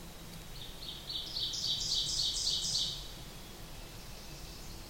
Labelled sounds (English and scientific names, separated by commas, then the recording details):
Ovenbird (Seiurus aurocapilla) song
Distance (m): 25 m
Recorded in boreal forest in Alberta, Canada, on 8 June 2016 at 07:01
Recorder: SongMeter 3, array SBT-3-9
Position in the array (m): 48 m, 103 m
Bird 33